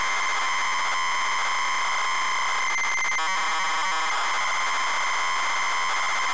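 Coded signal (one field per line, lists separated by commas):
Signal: ZX Spectrum tape loading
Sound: harsh continuous buzzing screech with steady tones near 1 and 2 kHz, brief dropouts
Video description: ZX Spectrum load up and quick game play of Terra Cresta loaded up using a zx spectrum +3 with a wh smith cpd8300 cassette player.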